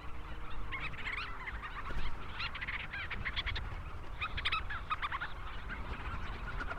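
Leach's storm petrel giving rapid chattering calls, staccato notes in quick irregular bursts, with a low harmonic moan early on and a steady low rumble beneath.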